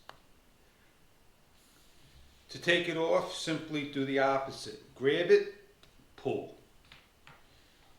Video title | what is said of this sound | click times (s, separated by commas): DJI Osmo Action camera CYNOVA 3.5 external Mic test samples | place on fill for the snap I don't know if you're going to hear the snap outside give it a nice Force | 0.1 s